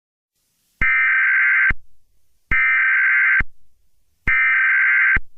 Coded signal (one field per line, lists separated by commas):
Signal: Emergency Alert System (SAME) tones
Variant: header bursts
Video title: Frankie and Sonic Network EAS Screen (REAL/FAKE)